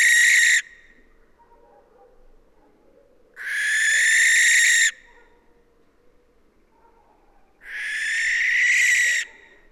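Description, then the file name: Western barn owl giving three harsh, breathy screeches a few seconds apart, the first cut short at the start. "Western Barn Owl Tyto alba"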